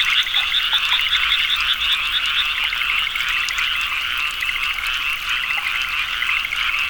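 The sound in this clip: Frogs chorusing, with a busy pulsed trilling of overlapping calls that stays loud and steady.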